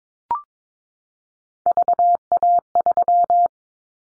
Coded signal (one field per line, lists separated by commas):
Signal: Morse code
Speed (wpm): 22 wpm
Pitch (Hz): 700 Hz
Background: none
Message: VA3